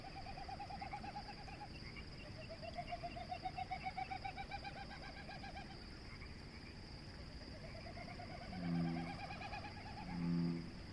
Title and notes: Frogs and Snipe. The Northwest Soundscape Project. Conboy Lake National Wildlife Refuge on May 13, 2016. a bird called Wilson's Snipe